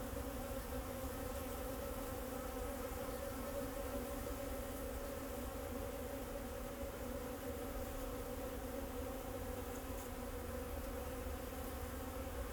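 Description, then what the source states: Continuous bee buzzing, a rich, even hum with a faint low rumble underneath. Bees flying around the recordist in Jacques Brelpark, Kersbeeklaan, Vorst, Belgium; train in background; recorded binaurally with a Sennheiser Ambeo binaural headset.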